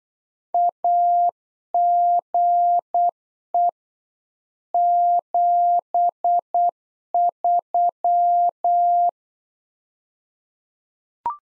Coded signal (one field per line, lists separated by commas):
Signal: Morse code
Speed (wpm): 8 wpm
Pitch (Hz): 700 Hz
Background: none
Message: AGE 73